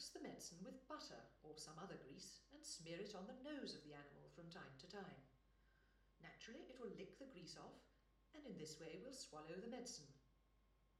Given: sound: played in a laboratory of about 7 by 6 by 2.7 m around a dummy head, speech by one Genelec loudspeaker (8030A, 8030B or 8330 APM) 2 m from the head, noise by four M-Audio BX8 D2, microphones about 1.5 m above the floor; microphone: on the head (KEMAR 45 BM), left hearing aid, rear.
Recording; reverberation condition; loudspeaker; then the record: female speech in English; medium; 120 degrees to the left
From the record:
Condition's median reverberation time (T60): about 510 ms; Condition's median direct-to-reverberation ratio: about -0.5 dB